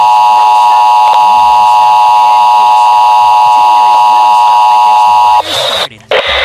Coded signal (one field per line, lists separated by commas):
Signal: Emergency Alert System (SAME) tones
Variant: 853 and 960 Hz attention tone